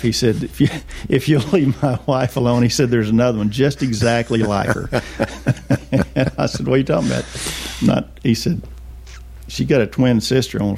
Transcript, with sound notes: He said, "If you'll leave my wife alone," he said, "there's another one just exactly like her." (Laughing) And I said, "What are you talking about?" "No," he said, "she got a twin sister.